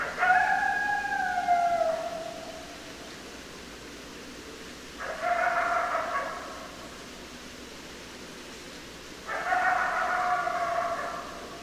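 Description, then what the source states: Coyote howling: three tonal, harmonic calls roughly four to five seconds apart, the first gently falling, over a quiet hissing background. Several coyotes, recorded 10 December 2012.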